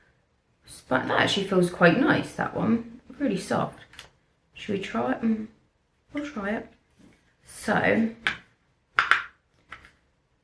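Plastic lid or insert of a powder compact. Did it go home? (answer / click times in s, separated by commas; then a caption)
no / none. Someone talks while pressing the plastic lid or insert of an ELF Cosmetics powder compact, which has a mirror and a sponge, trying to close it or fit it into place. Clattery plastic knocks are heard around 9.0, 9.1, 9.7 and 9.9 seconds. The lid has not clicked shut and nothing has seated.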